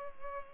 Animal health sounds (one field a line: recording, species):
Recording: mosquito wingbeat signal from an infrared sensor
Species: Culex pipiens